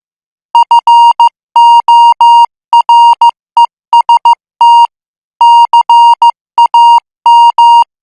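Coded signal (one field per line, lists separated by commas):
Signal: Morse code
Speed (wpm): 15 wpm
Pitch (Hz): 940 Hz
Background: music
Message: FOREST CAM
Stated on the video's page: Morse code at 14 words per minute.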